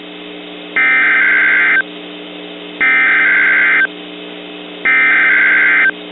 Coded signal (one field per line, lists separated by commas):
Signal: Emergency Alert System (SAME) tones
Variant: header bursts